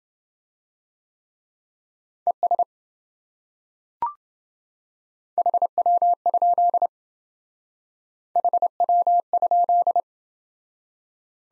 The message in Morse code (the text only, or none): ES HW? HW?